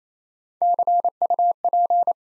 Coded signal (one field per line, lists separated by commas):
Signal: Morse code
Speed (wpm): 28 wpm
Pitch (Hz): 700 Hz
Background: none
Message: CUP